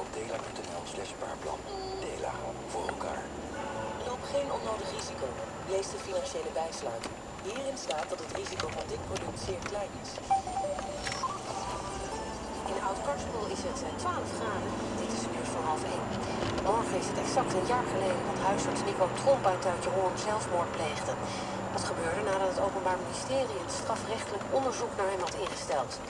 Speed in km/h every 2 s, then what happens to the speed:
32, 44, 52, 40, 31, 36, 51, 70, 86, 98, 90, 81, 67.
0-3 speeds up to 52. 4-9 brakes to 31. 9-17 speeds up to 98. 19-26 brakes to 67.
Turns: 5-9.